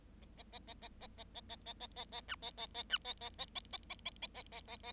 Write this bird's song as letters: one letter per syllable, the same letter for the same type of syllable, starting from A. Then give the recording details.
A A A A A A A A A A A A A B A A A B A A A A A A A A A A A A. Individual Bird7